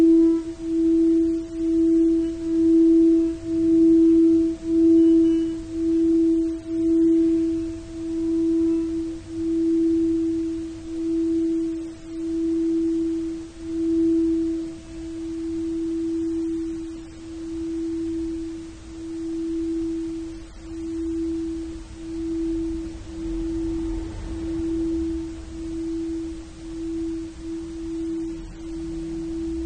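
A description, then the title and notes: A Tibetan singing bowl rings with a steady, pure mid-low tone, swelling and fading in a regular slow wobble about every second. A faint higher overtone hums above it, and soft low rumble and light clicks sit underneath throughout. Tibetan Singiing Bowl のサウンドヒーリングチャンネル LIVE.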